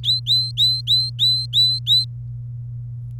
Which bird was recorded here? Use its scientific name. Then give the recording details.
Serinus canaria. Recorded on 26 April 2018 at 18:23. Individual llb3